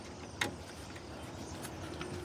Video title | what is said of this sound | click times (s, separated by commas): 2014 Ram 3500 (4th generation): Removing the headlight housing to replace bulbs (composite housing) | Make sure it clicks into place. | 0.4 s